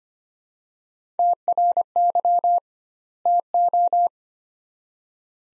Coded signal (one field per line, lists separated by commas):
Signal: Morse code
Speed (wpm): 25 wpm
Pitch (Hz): 700 Hz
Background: none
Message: TRY TO